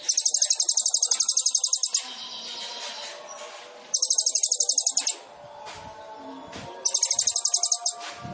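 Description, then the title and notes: Sunbird song in three bursts of rapid high buzzy trilled notes, each lasting about one to two seconds, separated by quieter gaps with faint background sounds. Indonesian masteran training song of a gacor kolibri ninja with full fill-in phrases (isian) and shots (tembakan), used as a lure for other birds. "MASTERAN KOLIBRI NINJA TERBAIK FULL ISIAN DAN TEMBAKAN MEWAH COCOK BUAT PANCINGAN. Suara Burung Kolibri Ninja Gacor"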